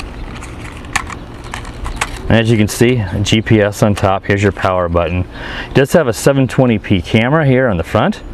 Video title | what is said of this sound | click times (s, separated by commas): Le-Idea IDEA7 Foldable 720p Camera Drone with GPS Review | go ahead and fold the arms out and they just snap into place here they don't necessarily lock | 1.0 s, 1.5 s, 2.0 s